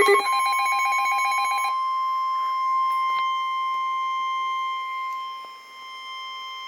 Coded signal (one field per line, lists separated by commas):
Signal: Emergency Alert System (SAME) tones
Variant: 1050 Hz attention tone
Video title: Severe Thunderstorm Warning - EAS #355